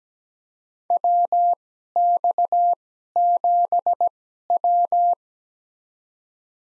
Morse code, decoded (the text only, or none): WX7W